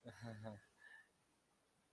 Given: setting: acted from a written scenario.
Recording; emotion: vocal sound without words; embarrassment